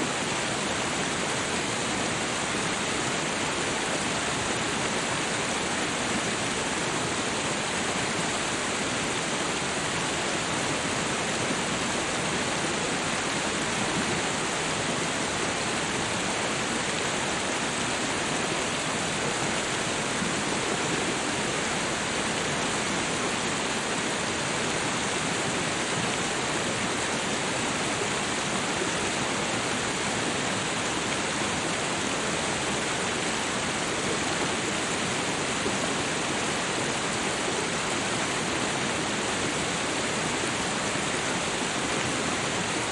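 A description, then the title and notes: Rushing water pours in a dense, unbroken roar, steady and even throughout, with a bright hissing top and no separate events. Soothing Water Sounds.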